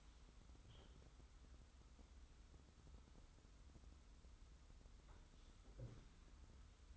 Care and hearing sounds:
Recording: daily activity, microphone in the room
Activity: wipe stove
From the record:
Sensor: 3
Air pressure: 990.4 hPa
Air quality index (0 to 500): 180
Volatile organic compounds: 1000 ppm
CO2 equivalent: 5844 ppm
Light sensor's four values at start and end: 46/110/45/43 and 46/110/45/43

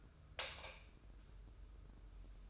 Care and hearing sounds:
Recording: daily activity, microphone in the room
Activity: light off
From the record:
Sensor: 2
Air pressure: 995.2 hPa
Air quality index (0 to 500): 74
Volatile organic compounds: 2 ppm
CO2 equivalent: 1297 ppm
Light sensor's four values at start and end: 13/36/14/14 and 8/19/8/8

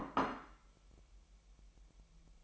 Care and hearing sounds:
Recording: daily activity, microphone in the room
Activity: place plate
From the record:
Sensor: 1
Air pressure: 1002.0 hPa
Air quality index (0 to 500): 243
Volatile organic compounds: 48 ppm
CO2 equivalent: 3271 ppm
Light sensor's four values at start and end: 8/28/10/11 and 8/28/10/11

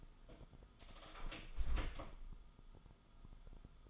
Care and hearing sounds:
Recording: daily activity, microphone in the room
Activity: close door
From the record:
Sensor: 5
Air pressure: 1004.9 hPa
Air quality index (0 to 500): 103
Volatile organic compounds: 2 ppm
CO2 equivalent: 1262 ppm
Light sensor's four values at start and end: 35/82/33/32 and 35/82/33/32

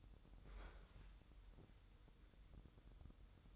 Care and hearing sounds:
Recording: daily activity, microphone in the room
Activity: open fridge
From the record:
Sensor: 3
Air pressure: 988.4 hPa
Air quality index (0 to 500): 192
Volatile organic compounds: 273 ppm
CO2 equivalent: 4419 ppm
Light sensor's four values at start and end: 24/75/31/27 and 24/75/31/27

